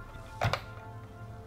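A plastic brick engine assembly that had fallen off because it was not clicked in all the way is pressed back onto a model rocket first stage, giving a pair of short knocks around 0.4 to 0.5 s, the sharpest at 0.5 s, over a steady low hum. Nothing has seated or clicked yet; the assembly is still being handled and is not home.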